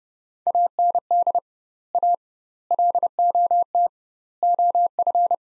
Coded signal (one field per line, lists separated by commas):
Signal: Morse code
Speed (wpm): 31 wpm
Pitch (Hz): 700 Hz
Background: none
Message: AND A LOT OF